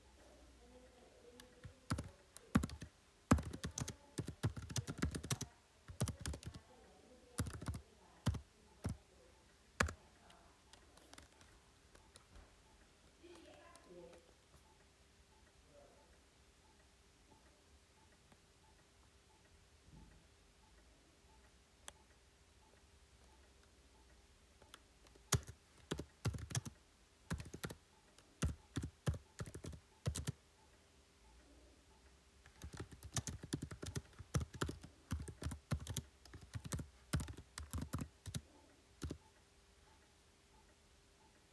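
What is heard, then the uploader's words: Keyboard typing comes in quick bursts of sharp clicks: a busy run over the first ten seconds, scattered taps through the middle, then renewed flurries around 25 to 31 seconds and a dense spell near 33 to 38. A faint steady hum sits underneath. Keyboard tapping, typing and Phone tapping.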